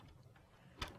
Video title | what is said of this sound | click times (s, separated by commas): 物理實驗_能量守恆-PASCO基礎力學軌道實驗 | Fortunately, being a PASCO motion sensor and a PASCO track, it snaps right in. | 0.8 s